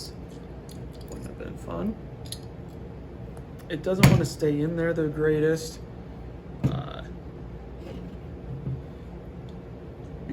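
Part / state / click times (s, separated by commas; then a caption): pistol part going into the 1911 frame/slide / partly seated / 6.9 s, 7.0 s. During reassembly of a Llama 1911 clone pistol, a steel part (probably the slide stop or recoil-spring part) is pushed into the frame, where it won't stay put because there is no solid flat surface for it to rest against. Someone talks, then faint metallic clicks come at 6.9, 6.9 and 7.0 seconds. The part only partly clicks into place and is still sticking out.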